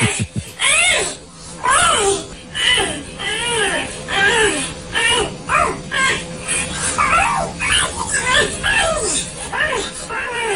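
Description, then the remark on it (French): A parrot mimics household sounds in a loud, nonstop run of warbling whines, yelps and cry-like calls, each sliding up and down in pitch, some resembling a whimpering dog or a fussing baby. “Un perroquet, bonne réponse.”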